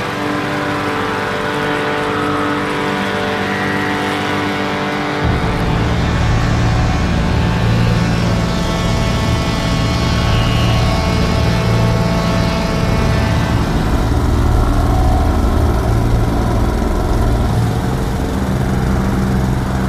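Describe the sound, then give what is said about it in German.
A lawn mower engine drones steadily with a dense, buzzing harmonic tone, shifting to a louder, rougher running pitch after a few seconds and continuing without pause, with no voices. “Für ihre Kompositionsserie über spektrale Rasenmäher ergänzte sie Mauris Field Recordings um eigene Aufnahmen aus einer Schrebergartenkolonie im Norden der Stadt.”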